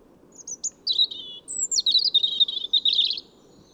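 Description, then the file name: European robin singing high, thin phrases: a few sliding whistles, then a longer run of quick tinkling notes. "Erithacus rubecula"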